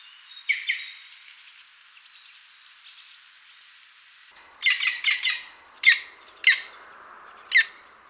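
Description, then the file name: European green woodpecker calls: a few sharp notes at first, a quieter spell, then loud, harsh, sharp calls in short irregular bursts over the last few seconds. "Pic vert"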